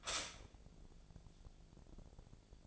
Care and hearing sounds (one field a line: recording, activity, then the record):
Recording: daily activity, microphone in the room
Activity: stop toaster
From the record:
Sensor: 5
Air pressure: 1000.3 hPa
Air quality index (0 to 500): 123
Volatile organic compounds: 2 ppm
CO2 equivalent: 978 ppm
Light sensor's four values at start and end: 85/200/86/93 and 85/200/86/93